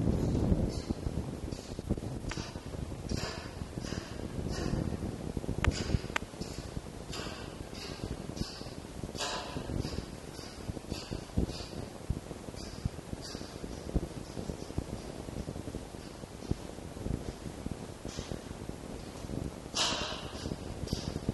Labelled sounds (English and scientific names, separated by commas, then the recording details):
Red Fox (Vulpes vulpes)
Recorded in captivity
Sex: male
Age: juvenile
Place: Zoologisches Institut der HUB, Berlin, DE
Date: 1954-06-04 18:20
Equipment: Elmetra
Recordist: Tembrock, Günter
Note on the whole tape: Welpe Jau (Futterverteidigung): Keckern und Knurren; Welpe Schluck: Husten